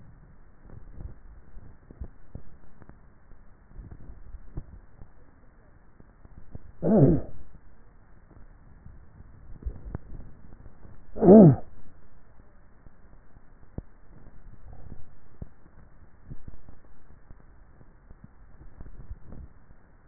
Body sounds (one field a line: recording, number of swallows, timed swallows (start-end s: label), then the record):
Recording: swallowing sounds by neck microphone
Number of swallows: 4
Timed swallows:
0.82-1.98 s: swallow
3.92-4.85 s: swallow
9.65-10.38 s: swallow
18.78-19.48 s: swallow
From the record:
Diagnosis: dysphagia